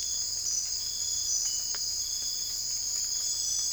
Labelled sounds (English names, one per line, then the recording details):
none
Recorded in secondary vegetation near Puerto Asís, Putumayo, Colombia, on 20 December 2024 at 03:00
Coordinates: 0.481, -76.318
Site G042